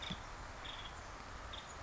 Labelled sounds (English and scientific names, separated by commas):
Nuttall's Woodpecker (Dryobates nuttallii)